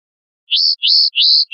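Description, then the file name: European goldfinch calls: three slurred, rising whistles in quick succession, each climbing then holding level, with the start of a fourth cut off. "suara burung chardonneret atau goldfinch eropa om kicau"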